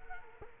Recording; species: mosquito wingbeat signal from an infrared sensor; Culex quinquefasciatus